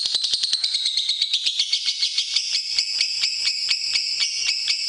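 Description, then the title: Lovebird giving a continuous shrill chatter, fast pulsing notes in a steady high-pitched stream with a slight wavering pitch. Lovebird song used for training other birds (masteran). "MASTERAN BURUNG Lovebird"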